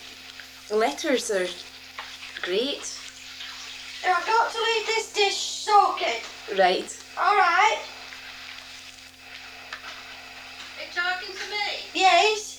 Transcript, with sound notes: the letters are great.
I've got to leave this dish soaking [calling from kitchen].
Right.
All right?
Are you talking to me?